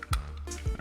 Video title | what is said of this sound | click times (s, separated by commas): Lego Duplo Disney Pixar Cars Classic Race by LEGO® 10600 Unboxing & Reviews | it should just snap right in | 0.0 s, 0.1 s